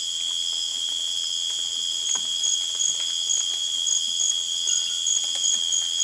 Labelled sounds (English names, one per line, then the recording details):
none
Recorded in dense forest near Puerto Asís, Putumayo, Colombia, on 25 June 2025 at 00:30
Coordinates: 0.484, -76.325
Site H65